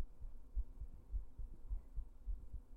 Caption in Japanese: ママの心音聞いて安心してるのね。 ママの心音いっぱい聞いてごらん。